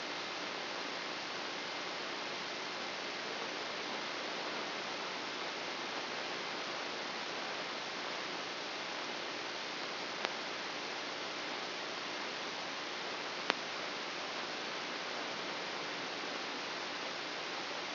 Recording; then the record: brain microelectrode recording played as sound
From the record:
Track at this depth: outside the subthalamic nucleus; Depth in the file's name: 7.504 mm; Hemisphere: left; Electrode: 2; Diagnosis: Parkinson's disease